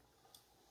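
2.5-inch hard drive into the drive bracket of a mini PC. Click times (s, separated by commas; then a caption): 0.3 s. A 2.5-inch SATA hard drive, a 2 TB upgrade over the stock 512 GB, is pressed onto the drive mounting bracket of an ACEMAGICIAN Ryzen 5 mini PC with 16 GB DDR4 so its holes fit over the pegs. A single short, sharp click rich in high frequencies is heard at 0.4 s against a quiet background as a small latch comes up and snaps. The drive is locked in place and seated.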